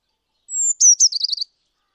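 Bird song opening on a sustained, very high, piercing note and breaking into a brisk, rattling trill, heard alone.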